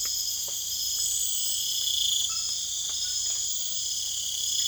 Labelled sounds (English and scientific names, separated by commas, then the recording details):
none
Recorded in secondary vegetation near Puerto Asís, Putumayo, Colombia, on 24 June 2025
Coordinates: 0.488, -76.319
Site G094